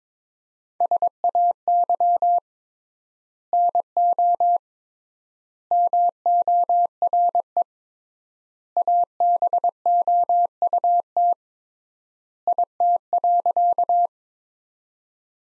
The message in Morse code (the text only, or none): SAY NO MORE ABOUT IT.